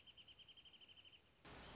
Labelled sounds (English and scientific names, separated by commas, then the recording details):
Wrentit (Chamaea fasciata)
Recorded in Sonoma County, California